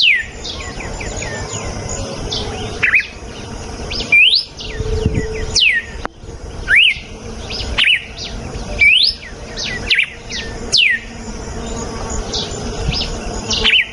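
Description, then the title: Red-cowled cardinal song: sharp whistled notes sweeping down and rising, in bursts every second or so. Female; natural song. "Canto Galo Campina Fêmea. GALO DE CAMPINA CANTO NATURAL. galo de campina cantando. canto de galo de campina"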